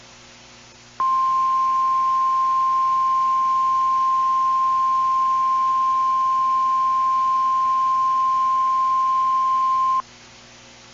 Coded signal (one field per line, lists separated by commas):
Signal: Emergency Alert System (SAME) tones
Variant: 1050 Hz attention tone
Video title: EAS Required Weekly Test Southwest Michigan NOAA Weather Radio +WeatherSTAR4000